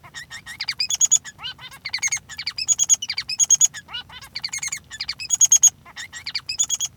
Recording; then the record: song of a male Bengalese finch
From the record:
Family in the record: son of father 3